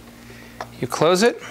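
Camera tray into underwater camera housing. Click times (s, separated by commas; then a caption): 0.6 s. A camera mounted on its tray is slid back into a Nauticam underwater housing for a Panasonic GH4, and the tray seats with a short click at 0.6 s. Someone then talks. The tray is seated in the housing.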